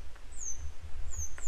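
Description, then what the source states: Grey wagtail uttering three thin, high, downward-slurred call notes in quick succession, with steady low rumble beneath. A pair still searching for their young today; follow-up to an earlier recording.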